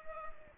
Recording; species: mosquito wingbeat signal from an infrared sensor; Culex pipiens